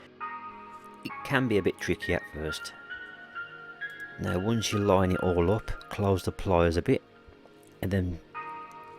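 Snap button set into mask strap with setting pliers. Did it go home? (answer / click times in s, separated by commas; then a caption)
no / none. Snap button parts are lined up and the setting pliers are closed a little to set a snap button into a mask strap, while someone talks over background music with sustained tones. A brief sharp sound comes at about 1.1 s, but the clip ends before the snap is squeezed home, so nothing has seated or clicked yet.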